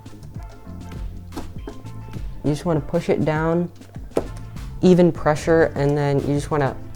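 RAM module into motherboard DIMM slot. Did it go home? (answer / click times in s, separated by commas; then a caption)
no / none. A RAM module is pressed down with even pressure into a motherboard DIMM slot while someone talks, with a few soft handling taps and a brief sharp knock near 4.2 s. The clip ends before the module goes home, so nothing has seated or clicked yet.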